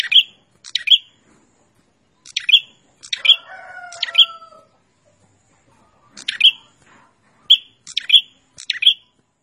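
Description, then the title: Prinia song: sharp, buzzy chip-notes repeated in short bursts with pauses, with a lower, drawn-out background sound midway. Described as a vigorous, frequently singing prinia, used as a master recording for training cage birds. "Suara Burung Prenjak Gacor Mantul untuk Masteran"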